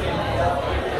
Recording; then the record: background sound without coughing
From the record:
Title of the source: CITY SOUNDS Busy Bar in the Evening Night - 2 HOURS of Ambiance for Relaxation